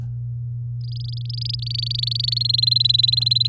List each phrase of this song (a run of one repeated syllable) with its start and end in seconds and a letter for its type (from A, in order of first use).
0.81-2.47 A, 2.49-3.47 B